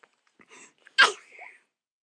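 An adult's acted sneeze: a few short catching breaths, then one forceful, noisy burst that trails off into a fading exhale.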